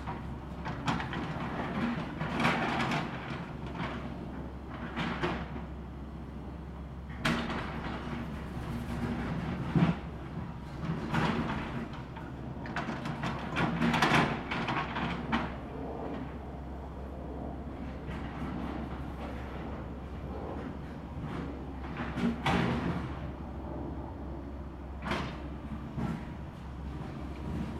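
Demolition work: a steady low rumble runs underneath while irregular scraping and crunching bursts rise and fall. Sharp impacts stand out at about 7, 10, 14, 22 and 25 seconds, with busier clattering stretches between 11 and 16 seconds and near the end.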